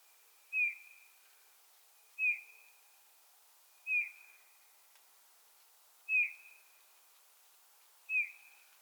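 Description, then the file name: Eurasian bullfinch calls: five mellow, slightly descending piped whistles at steady intervals of roughly two seconds against quiet background hiss. "Pyrrhula pyrrhula"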